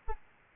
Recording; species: mosquito wingbeat signal from an infrared sensor; Aedes albopictus